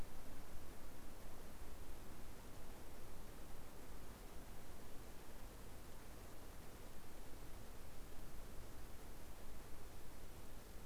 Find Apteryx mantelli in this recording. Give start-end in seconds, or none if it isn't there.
none